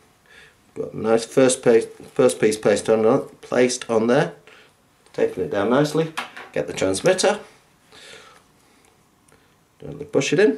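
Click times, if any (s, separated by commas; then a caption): none. Someone talks while a first piece of tape is laid down, then picks up a Minimed 640G CGM transmitter and lines it up with the sensor base on the body before pushing it in. Only small, faint handling noises are heard in the pauses between the talking. The transmitter has not clicked into place yet.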